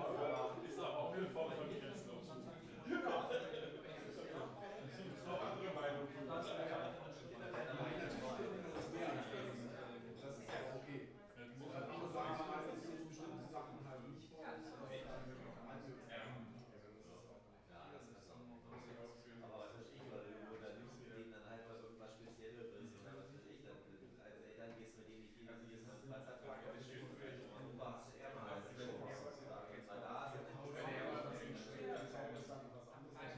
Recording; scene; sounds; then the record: everyday scene through a hearing-aid microphone; many people talking; many voices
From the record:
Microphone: behind the ear, right, front